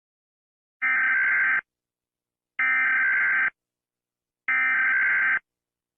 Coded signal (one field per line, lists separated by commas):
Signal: Emergency Alert System (SAME) tones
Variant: header bursts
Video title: Is your favorite US state eas alarms real or fake part 1